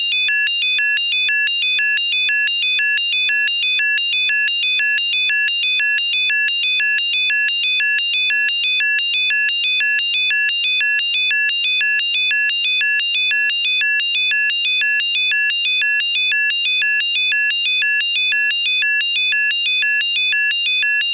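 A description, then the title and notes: A control room alarm sounds continuously, a bright electronic tone rapidly alternating between two high pitches several times per second. The pattern repeats with machine regularity at a constant, loud level for the whole clip, with nothing else audible behind it. ESA control room alarm - Mars Express. One of the audible alarm sounds used in the Main Control Room and in mission-specific Dedicated Control Rooms, at ESOC, ESA's space operations centre, Darmstadt, Germany. This sound is used by Mars Express.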